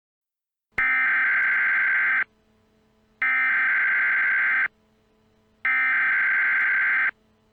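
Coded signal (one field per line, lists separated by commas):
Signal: Emergency Alert System (SAME) tones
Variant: header bursts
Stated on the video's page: Fictional EAS scenario, not a real alert.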